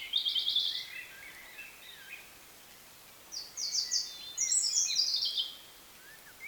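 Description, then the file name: European robin song: high, thin phrases of quick trilled notes and liquid warbles, one at the start and another longer phrase after a short pause. "Erithacus rubecula"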